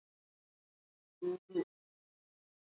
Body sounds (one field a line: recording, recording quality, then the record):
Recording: sustained vowel as in boot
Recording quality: moderate, slight background noise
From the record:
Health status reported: COVID-19 positive, moderate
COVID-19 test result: positive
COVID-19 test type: RT-PCR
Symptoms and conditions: cough, cold, breathing difficulty, fever, fatigue, muscle pain, loss of smell and taste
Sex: female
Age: 57 years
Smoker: no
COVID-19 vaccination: both doses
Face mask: not worn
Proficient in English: no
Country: India